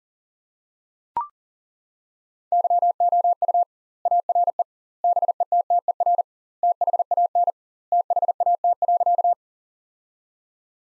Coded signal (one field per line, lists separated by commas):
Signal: Morse code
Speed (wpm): 37 wpm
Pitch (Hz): 700 Hz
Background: none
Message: YOU ARE BETTER THAN THAT.